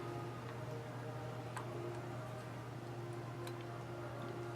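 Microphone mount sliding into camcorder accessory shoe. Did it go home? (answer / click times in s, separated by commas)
yes / 1.6 s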